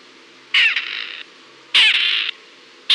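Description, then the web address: Grey partridge giving harsh, grating rasps, each about half a second long or a little more, two full calls and the start of a third, starting roughly a second and a quarter apart. "Perdix perdix. ns svatomartinska alej"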